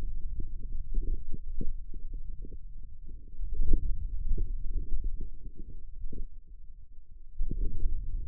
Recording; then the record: forearm muscle sounds (acoustic myography)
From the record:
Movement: hand opening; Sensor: system 2, bracelet of six BSWA MPA416 microphones around the upper forearm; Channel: 6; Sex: male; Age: 22 years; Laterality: right